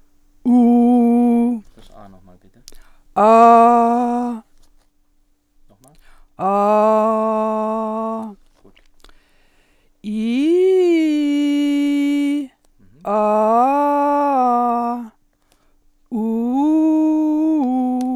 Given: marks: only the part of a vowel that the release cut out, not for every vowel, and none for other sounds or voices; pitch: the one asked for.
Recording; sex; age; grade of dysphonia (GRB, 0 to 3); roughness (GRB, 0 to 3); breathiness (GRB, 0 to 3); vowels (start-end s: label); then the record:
sustained vowels; female; 60 to 69 years; 0; 0; 0
0.60-1.37 s: vowel /u/, low pitch
7.09-8.10 s: vowel /a/, low pitch
10.22-12.24 s: vowel /i/, low-high-low pitch
13.21-14.81 s: vowel /a/, low-high-low pitch
16.23-17.95 s: vowel /u/, low-high-low pitch
From the record:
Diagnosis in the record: healthy voice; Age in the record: 61 years